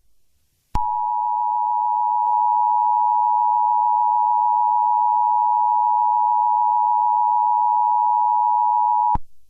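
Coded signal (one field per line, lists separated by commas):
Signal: Emergency Alert System (SAME) tones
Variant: 853 and 960 Hz attention tone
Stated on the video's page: Fictional EAS scenario using an alarm sound made by another user.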